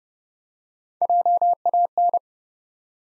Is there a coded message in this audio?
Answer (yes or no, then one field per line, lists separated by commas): yes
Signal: Morse code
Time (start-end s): 1.0-2.2 s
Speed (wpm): 30 wpm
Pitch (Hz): 700 Hz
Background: none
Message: JAN